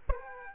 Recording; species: mosquito wingbeat signal from an infrared sensor; Aedes aegypti